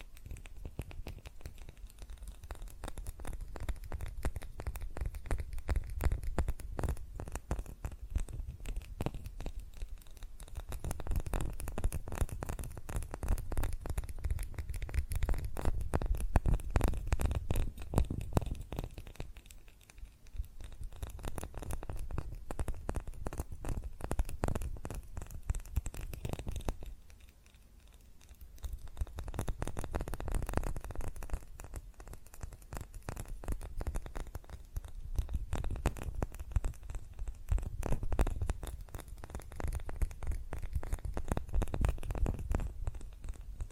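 Fast tapping on glass and ceramic objects, a dense, rapid patter of sharp clicks with some scratchy texture. The tapping runs in long bursts with brief lulls near 20 and 27 seconds, then picks back up, steady and busy to the end.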